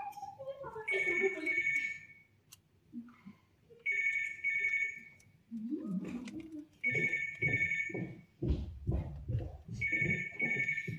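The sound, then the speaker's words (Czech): A telephone rings in four evenly spaced bursts of bright, warbling electronic tone, each about a second long, while people talk underneath and between the rings. “Nikdy nezvedej telefon, zvlášť když tam nejsem.”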